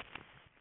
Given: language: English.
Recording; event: throat vibration sensor signal played as sound; swallow